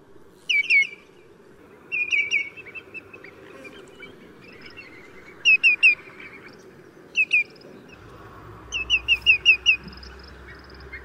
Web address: 青足鷸. Yushan